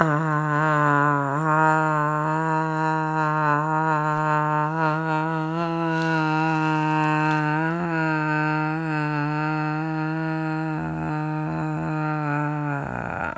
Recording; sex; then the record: sustained vowel /a/; female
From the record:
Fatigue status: no fatigue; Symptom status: symptomatic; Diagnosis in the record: COVID-19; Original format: m4a